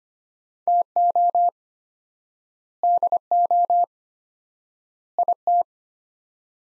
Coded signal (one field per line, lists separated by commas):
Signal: Morse code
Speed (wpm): 25 wpm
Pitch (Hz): 700 Hz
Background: none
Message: TO DO IT